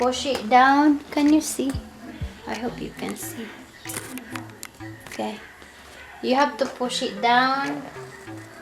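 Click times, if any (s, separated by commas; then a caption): none. A photo softbox support rod is pushed down into the softbox center hub during assembly, with someone talking over background music. A few short taps and clicks are heard around 4.0 to 5.1 seconds while the rod is handled. Nothing has seated or clicked yet, and the rod is not yet home in the hub.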